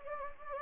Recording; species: mosquito wingbeat signal from an infrared sensor; Anopheles gambiae